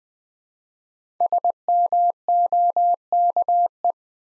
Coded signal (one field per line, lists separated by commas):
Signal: Morse code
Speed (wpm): 20 wpm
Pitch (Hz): 700 Hz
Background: none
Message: SMOKE